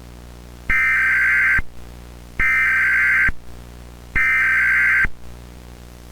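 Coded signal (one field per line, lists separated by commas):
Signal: Emergency Alert System (SAME) tones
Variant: header bursts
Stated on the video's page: Fictional fan-made scenario alert.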